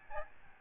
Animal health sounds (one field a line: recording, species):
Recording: mosquito wingbeat signal from an infrared sensor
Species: Aedes albopictus